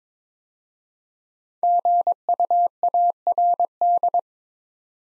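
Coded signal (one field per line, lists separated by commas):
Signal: Morse code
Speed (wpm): 23 wpm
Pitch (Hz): 700 Hz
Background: none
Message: GUARD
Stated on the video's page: Morse practice of 5-letter words at 22 wpm, each word sent twice for head-copy training.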